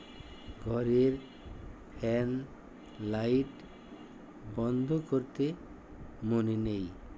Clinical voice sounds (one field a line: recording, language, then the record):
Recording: elicited speech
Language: Bengali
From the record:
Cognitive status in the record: dementia